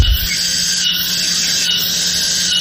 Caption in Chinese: 耳鸣啊是一种叫声音幻觉， 它是在外界环境中没有声源的情况下呢，它感觉到耳内啊或颅内产生声音。最常见的耳鸣呢，一般是蝉鸣。 这个就是蝉鸣。对。是吧？像像蝉在叫。